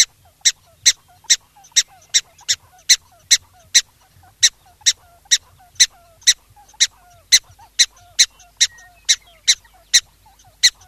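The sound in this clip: Black-tailed prairie dog calling in a long run of crisp, squeaky barks, roughly two per second with slightly uneven spacing.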